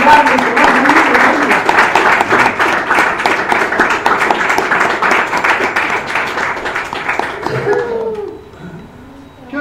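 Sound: audience applause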